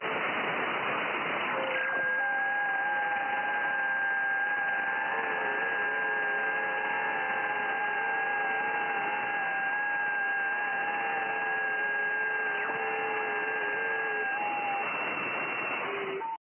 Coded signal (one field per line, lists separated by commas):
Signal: FT8